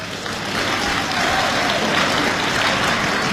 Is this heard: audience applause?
yes